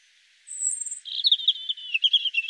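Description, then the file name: European robin producing a thin, very high drawn-out note, then a tumbling, warbled run of quick twittering notes. "Erithacus rubecula"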